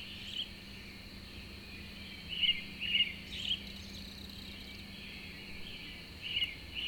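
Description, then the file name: Cricket giving a constant thin, high trill throughout, with a few short bird chirps breaking in now and then. A lone cricket in the early morning with birds, April 2012. "freesound Early AMBirds Lone Cricket"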